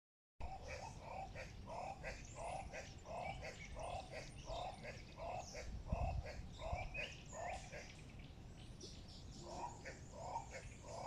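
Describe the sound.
Guinea turaco gives a long series of gruff, evenly spaced low notes over steady background hiss and faint high bird whistles.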